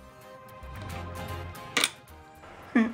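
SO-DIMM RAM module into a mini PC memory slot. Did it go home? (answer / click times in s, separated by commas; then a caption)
yes / 1.8 s. A DDR4 SO-DIMM memory module is inserted tilted into its slot on the motherboard of a Dell OptiPlex 7050 Micro mini PC and pressed down, with soft music underneath. At 1.8 s, sharp clicks follow each other as the metal retaining clasps lock the module into place, and a second, lower knock follows near 2.8 s. The module is seated.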